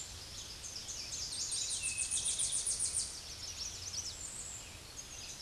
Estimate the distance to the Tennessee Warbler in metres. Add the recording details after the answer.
about 20 m. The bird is about 10 m above the microphone. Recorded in a Pennsylvania forest on 16 May 2024 at 07:08. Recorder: AudioMoth, point MSD-2349. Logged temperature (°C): 15.8 °C. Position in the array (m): 70 m, 62 m